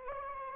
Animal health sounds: mosquito wingbeat signal from an infrared sensor; Anopheles arabiensis

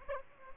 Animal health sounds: mosquito wingbeat signal from an infrared sensor; Aedes aegypti

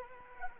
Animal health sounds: mosquito wingbeat signal from an infrared sensor; Anopheles arabiensis

